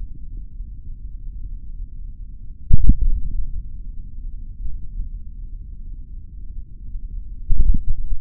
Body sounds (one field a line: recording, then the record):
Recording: forearm muscle sounds (acoustic myography)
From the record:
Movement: finger pinch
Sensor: system 3, bracelet of six PUI Audio POM-2738L microphones around the upper forearm, with dedicated amplification and filtering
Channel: 1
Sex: male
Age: 26 years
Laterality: right